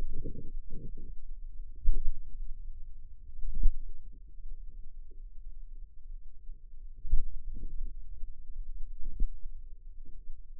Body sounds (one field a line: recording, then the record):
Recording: forearm muscle sounds (acoustic myography)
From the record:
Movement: pen grasping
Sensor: system 2, bracelet of six BSWA MPA416 microphones around the upper forearm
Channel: 2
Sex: female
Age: 22 years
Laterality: right